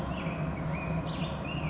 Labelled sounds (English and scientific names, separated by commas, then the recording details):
Black-headed Grosbeak (Pheucticus melanocephalus)
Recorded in Sonoma County, California